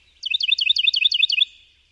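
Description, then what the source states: Ruby-crowned Kinglet song, a rapid run of seven bright, high phrases, each dipping from a sharp upper note to lower ones, delivered in little over a second. Tiny treetop bird with a voice loud for its size.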